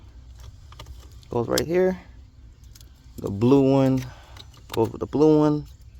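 A blue plastic wiring harness connector is handled near its matching blue socket at the ECU during an engine swap on a Toyota Camry, while someone talks. Faint plastic rattles and light ticks come from the handling between the speech. Nothing has seated or clicked yet.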